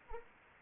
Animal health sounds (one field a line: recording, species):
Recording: mosquito wingbeat signal from an infrared sensor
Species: Anopheles arabiensis